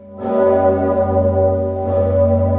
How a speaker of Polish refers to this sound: Kilkanaście godzin temu powitaliśmy nowy rok. W Krakowie dźwięk dzwonu Zygmunta oznajmił nadejście nowego roku.